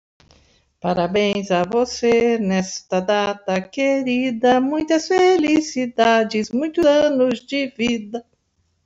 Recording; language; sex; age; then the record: short text; Brazilian Portuguese; female; 60 to 69 years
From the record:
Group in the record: control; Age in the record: 69 years